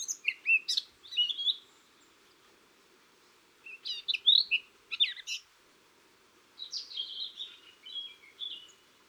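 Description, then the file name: Eurasian blackcap: songbird song: three short bursts of quick, varied warbled notes spaced a couple of seconds apart, with faint background hiss. "Sylvia atricapilla"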